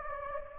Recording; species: mosquito wingbeat signal from an infrared sensor; Anopheles gambiae